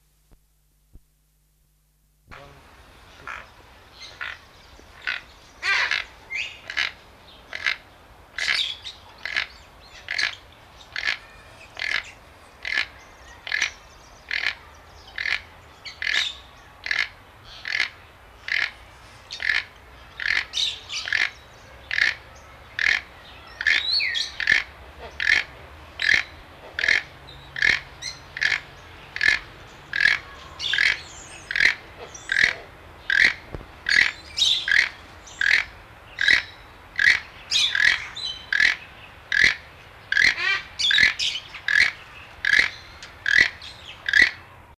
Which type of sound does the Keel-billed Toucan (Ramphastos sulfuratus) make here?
call